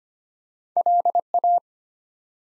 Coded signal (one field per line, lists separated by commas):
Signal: Morse code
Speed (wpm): 25 wpm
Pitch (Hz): 700 Hz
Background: none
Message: LA